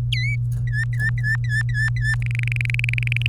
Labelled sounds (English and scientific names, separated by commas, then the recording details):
Domestic Canary (Serinus canaria) song
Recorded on 23 April 2018 at 17:21
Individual llb3